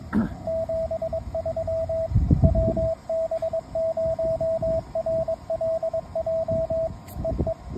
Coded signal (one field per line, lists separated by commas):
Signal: Morse code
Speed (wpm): 22 wpm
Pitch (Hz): 650 Hz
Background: radio noise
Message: 73 WB0RLJ EE